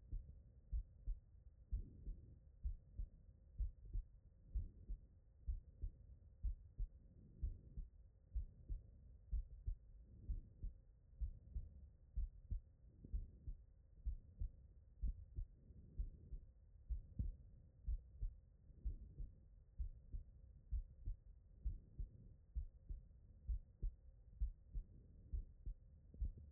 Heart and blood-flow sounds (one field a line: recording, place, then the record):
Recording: heart sounds by stethoscope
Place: pulmonary valve (PV)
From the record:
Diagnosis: non-HFrEF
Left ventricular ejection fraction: 43%